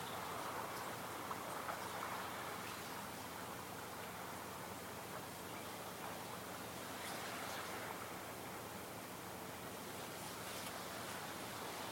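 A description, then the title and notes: Light waves wash in a steady, dense hiss that fills the whole clip without clear breaks. Faint brighter surges come and go around the second and eighth seconds, while the overall level stays even, with a soft low rumble underneath. Lake Superior. Light waves.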